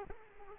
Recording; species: mosquito wingbeat signal from an infrared sensor; Aedes aegypti